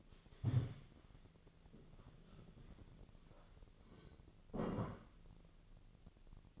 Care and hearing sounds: daily activity, microphone in the room; stand up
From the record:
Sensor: 4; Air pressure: 1001.3 hPa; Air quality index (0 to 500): 180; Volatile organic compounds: 2 ppm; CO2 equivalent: 1292 ppm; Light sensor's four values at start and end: 14/33/13/14 and 14/33/13/14

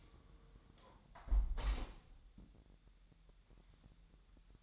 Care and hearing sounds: daily activity, microphone in the room; close window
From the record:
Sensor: 3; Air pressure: 1000.2 hPa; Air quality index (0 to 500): 230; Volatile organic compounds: 106 ppm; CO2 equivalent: 3796 ppm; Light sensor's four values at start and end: 10/23/10/9 and 10/23/9/9

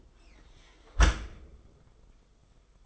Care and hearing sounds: daily activity, microphone in the room; close dishwasher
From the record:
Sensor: 5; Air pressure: 990.6 hPa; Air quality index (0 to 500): 162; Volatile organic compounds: 281 ppm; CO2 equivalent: 4437 ppm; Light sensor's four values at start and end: 37/114/44/47 and 37/112/43/46

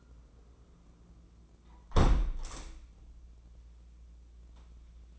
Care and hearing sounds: daily activity, microphone in the room; close window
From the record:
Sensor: 1

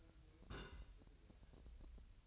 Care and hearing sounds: daily activity, microphone in the room; place on stove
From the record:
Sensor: 2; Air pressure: 1001.9 hPa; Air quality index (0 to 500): 245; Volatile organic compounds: 34 ppm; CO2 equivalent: 3047 ppm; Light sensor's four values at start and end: 5/11/4/5 and 5/11/4/5

